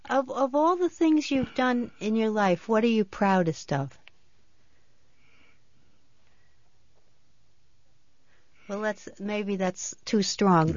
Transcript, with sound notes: Of all the things you've done in your life, what are you proudest of? ( he pauses ) Well, maybe that's too strong.